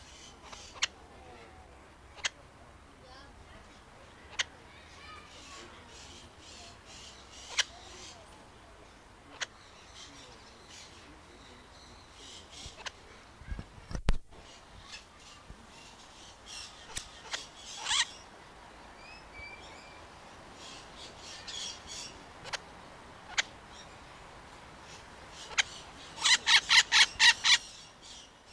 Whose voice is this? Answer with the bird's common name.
Red-fan Parrot